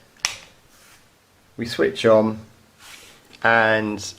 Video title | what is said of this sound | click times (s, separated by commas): Vax Pace Vacuum Cleaner Review - Dyson Contender? | clicks into place | 0.2 s